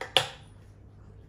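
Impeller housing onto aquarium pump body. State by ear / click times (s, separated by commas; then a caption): seated / 0.2 s. The impeller housing of an Aquabee UP5000 V24 aquarium circulation pump is pressed back onto the pump body so that it sits flush all round and the rotor assembly inside does not jam. A single short, sharp click is heard at 0.2 s, followed by a low, steady hum in the background. The housing is seated on the pump.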